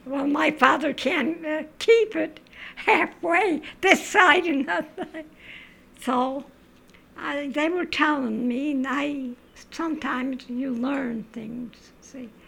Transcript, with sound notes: Well, my father can't keep it half way, this side and nothing. (she laughs) So, they were telling me and I, sometimes you learn things, see?